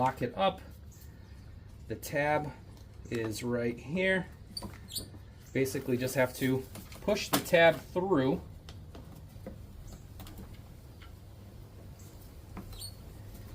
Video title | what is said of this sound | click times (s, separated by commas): Save Your Yardworks Spreader With This 5-Minute Repair | it'll basically just go upward, but There you go. You'll hear a click like that. | 12.6 s